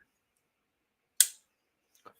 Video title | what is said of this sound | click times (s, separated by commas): Doody & the Doods LIVE! I fell in love... | I really like it's just a satisfying click. | 1.2 s